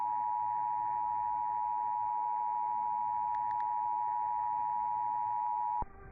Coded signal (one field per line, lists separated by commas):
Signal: Emergency Alert System (SAME) tones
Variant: 853 and 960 Hz attention tone